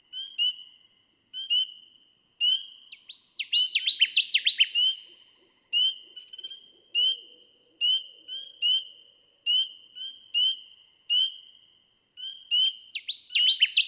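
Connecticut warbler song: bursts of ringing downslurred notes, one in the middle and another at the end, among evenly spaced short chip-like notes over a continuous high tone.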